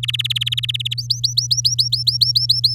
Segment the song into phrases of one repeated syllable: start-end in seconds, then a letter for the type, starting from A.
0.03-0.94 A, 0.98-2.74 B